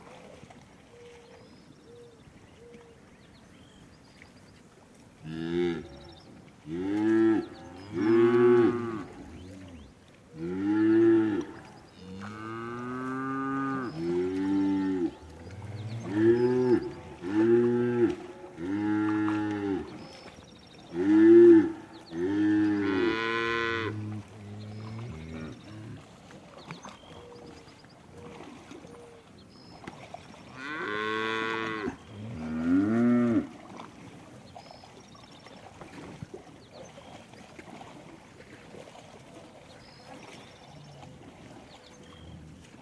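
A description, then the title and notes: Cows moo back and forth in a run of long, drawn-out calls, clustered between about six and twenty-five seconds, then two more around thirty-one to thirty-four seconds. The calls are low and rough with rising and falling pitch, separated by quieter pauses. Eco-Moo-tion: The Ecological Soundscape of Cow Conversations.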